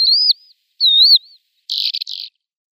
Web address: Schulze Peter Lesser Short-toed Lark song